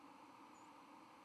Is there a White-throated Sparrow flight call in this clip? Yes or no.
yes